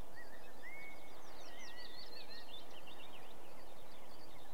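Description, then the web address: Sedge warbler singing a hurried, varied stream of harsh chirps and short whistles, with constant low-pitched background noise beneath. British bird. "The BBC Sound Effects Library - Complete 60 CDs Collection Sound Effects Library (British Birds) Sedge Warbler"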